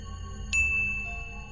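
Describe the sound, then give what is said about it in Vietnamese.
A single bright electronic chime strikes suddenly and rings on as a clear, steady high tone that slowly fades, set over a low, constant background hum with no talking. “Vương Bình về nhà đang chuẩn bị đi ngủ, đúng lúc này chợt có âm thanh của hệ thống vang lên.”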